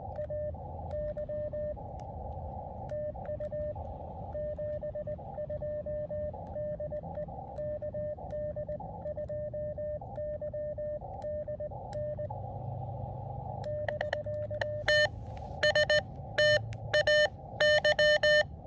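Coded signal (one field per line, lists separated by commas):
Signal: Morse code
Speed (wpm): 19 wpm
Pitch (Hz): 600 Hz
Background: radio noise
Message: AY TU 72 DE KD2YDN <BT> TST AY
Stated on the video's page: Combined SOTA and POTA QRP activation from a small winter hill summit, with a lot of DX worked.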